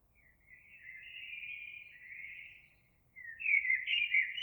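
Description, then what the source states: Eurasian blackbird song: a soft, drawn-out warbled phrase, a short pause, then a louder, richer fluted phrase starting. Recorded 26 April 2022.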